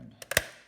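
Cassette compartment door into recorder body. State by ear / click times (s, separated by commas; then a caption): seated / 0.4 s. With a tape loaded the correct way, the plastic cassette compartment door of a Panasonic RQ-711S recorder is pressed shut into the recorder body. Two faint ticks at about 0.2 and 0.3 s lead into a sharp, bright click at 0.4 s as the door latches fully closed.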